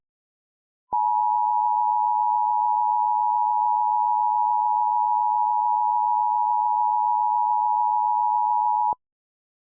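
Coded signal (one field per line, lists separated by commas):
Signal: Emergency Alert System (SAME) tones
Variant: 853 and 960 Hz attention tone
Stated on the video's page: Simulated EAS scenario.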